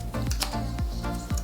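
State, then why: Not seated. An adjustable plastic fin strap or frame on a folding fin is slid along its positioning holes toward the hole where the length adjuster locks, with short scraping and tapping handling noises over background music. Nothing has seated or clicked yet.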